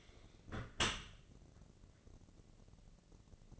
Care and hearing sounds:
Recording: daily activity, microphone in the room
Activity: close dishwasher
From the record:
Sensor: 4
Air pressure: 1013.2 hPa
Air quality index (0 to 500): 169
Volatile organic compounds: 2 ppm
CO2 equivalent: 1064 ppm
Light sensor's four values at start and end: 83/205/86/88 and 83/205/86/88

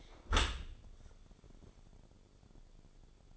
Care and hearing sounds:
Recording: daily activity, microphone in the room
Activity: close dishwasher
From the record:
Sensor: 5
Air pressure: 1015.0 hPa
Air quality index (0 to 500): 135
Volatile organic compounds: 3 ppm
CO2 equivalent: 1456 ppm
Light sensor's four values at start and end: 37/88/36/39 and 37/89/37/40

